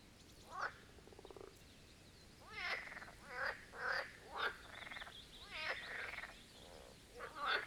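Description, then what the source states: Marsh frog chorus of pulsed rattles and short knocking croaks, several frogs calling in turn after a quiet opening. Chorus of marsh frogs at the Birkensee in Schönbuch, Germany, recorded on one of the first hot summer days of 2023.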